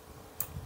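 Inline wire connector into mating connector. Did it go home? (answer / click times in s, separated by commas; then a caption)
yes / 0.4 s. Two unlabeled inline wire connectors for a Fanhome R2-D2 build are pushed straight together, holes onto prongs. A single sharp click sounds at 0.4 s, followed by a faint low knock, against quiet background noise. The connectors latch and are seated.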